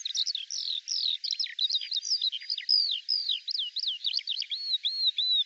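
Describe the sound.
Eurasian skylark singing a rapid, continuous run of varied chirps and downslurred whistles, steady and high-pitched.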